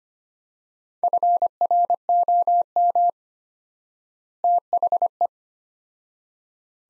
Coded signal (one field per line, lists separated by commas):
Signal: Morse code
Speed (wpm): 25 wpm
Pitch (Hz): 700 Hz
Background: none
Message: FROM THE